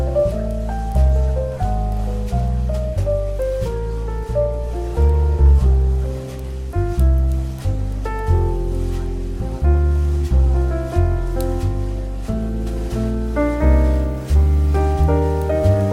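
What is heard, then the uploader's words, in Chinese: Light jazz plays throughout, with a walking bass line stepping under chords and melody notes that change every second or so. The level stays even from start to finish, with short plucked or struck attacks marking the beat and a soft hiss underneath. 咖啡馆氛围与轻松舒缓的爵士音乐。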